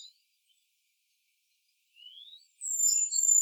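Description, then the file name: Great tit: a brief chirp, a long silence, a short rising note, then a sustained high thin whistle with soft twittering. "Parus major"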